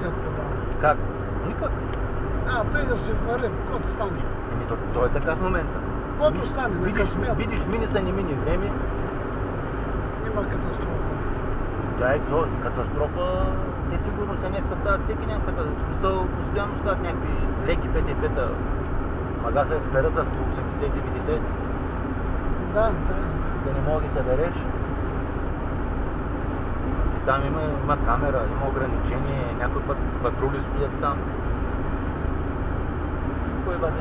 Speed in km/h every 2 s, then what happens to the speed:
75, 74, 73, 73, 76, 75, 76, 74, 74, 74, 75, 75, 75, 75, 75, 74, 73.
0-34 steady at about 75.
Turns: none.